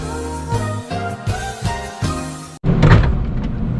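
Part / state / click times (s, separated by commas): hood latch on a pickup truck / not seated / none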